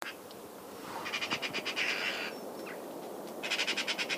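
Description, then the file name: Eurasian magpie chattering: two harsh, rapid rattling bursts of dry clicks, the second shorter, over a soft background hiss. "Pica pica"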